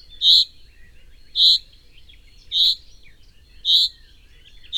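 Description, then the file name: Common chaffinch uttering crisp high call notes at regular intervals of just over a second, with faint chirps from other birds behind. "Fringilla coelebs"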